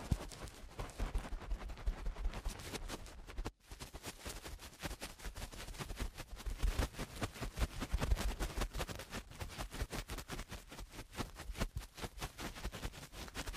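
Eardrum cleaning: a dense, rapid stream of scratchy crackles and pops runs the whole time, bright and sharp with a rough low rumble underneath. Sound drops out briefly near three and a half seconds, then resumes, growing a little louder around eight seconds.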